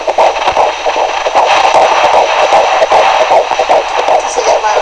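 Fast, fairly regular whooshing pulses, about 150 a minute, over steady hiss: a fetal heartbeat on Doppler.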